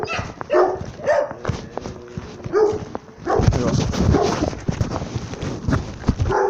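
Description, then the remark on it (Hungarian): A small dog gives a string of short, high yaps mixed with whiny whimpers, the sounds coming in uneven bursts over a busier, clattering background in the second half. “Kis kutya!”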